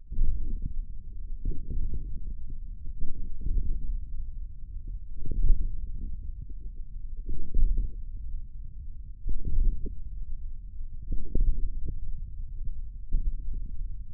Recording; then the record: forearm muscle sounds (acoustic myography)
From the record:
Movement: hand opening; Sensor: system 1, eight BSWA MPA416 microphones around the upper forearm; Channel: 5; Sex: male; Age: 41 years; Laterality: right